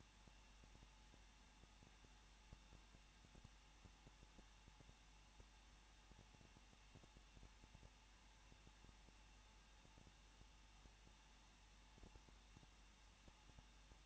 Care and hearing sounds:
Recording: daily activity, microphone in the room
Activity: no activity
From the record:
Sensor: 1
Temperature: 20.1 degrees Celsius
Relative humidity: 39.1%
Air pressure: 1006.5 hPa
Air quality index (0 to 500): 216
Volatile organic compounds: 73 ppm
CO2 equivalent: 3547 ppm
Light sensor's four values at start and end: 1/2/1/1 and 1/2/1/1

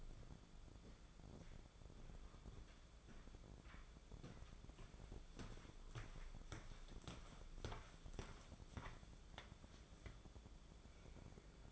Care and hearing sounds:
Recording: daily activity, microphone in the room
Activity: walk to room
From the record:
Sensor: 5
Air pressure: 1010.5 hPa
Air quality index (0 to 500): 112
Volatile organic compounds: 2 ppm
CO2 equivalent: 1098 ppm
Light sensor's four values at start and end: 501/1304/537/623 and 1240/2927/1265/1544

